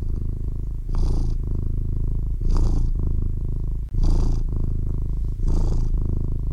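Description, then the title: Cat purr, a low steady drone broken by soft airy rushes of breath about every one and a half seconds. Single baby kitten purring. "CAT PURRING By This Baby KITTEN"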